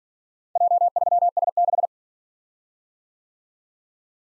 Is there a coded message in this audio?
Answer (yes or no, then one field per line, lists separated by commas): yes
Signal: Morse code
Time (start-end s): 0.6-1.9 s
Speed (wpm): 46 wpm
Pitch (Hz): 700 Hz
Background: none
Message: J3S6